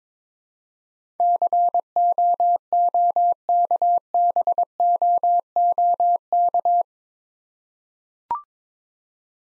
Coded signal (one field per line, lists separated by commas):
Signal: Morse code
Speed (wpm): 22 wpm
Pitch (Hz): 700 Hz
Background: none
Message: COOKBOOK